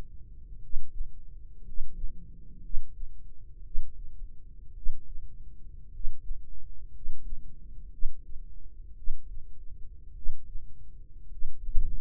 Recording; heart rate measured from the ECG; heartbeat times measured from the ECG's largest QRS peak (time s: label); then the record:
heart sounds by microphone in the right ear; 56 bpm
0.58 s: heartbeat
1.61 s: heartbeat
2.59 s: heartbeat
3.60 s: heartbeat
4.71 s: heartbeat
5.88 s: heartbeat
6.89 s: heartbeat
7.88 s: heartbeat
8.93 s: heartbeat
10.11 s: heartbeat
11.25 s: heartbeat
From the record:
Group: healthy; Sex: male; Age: 25 years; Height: 170 cm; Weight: 70.4 kg